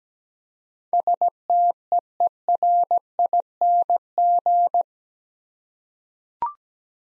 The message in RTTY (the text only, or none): none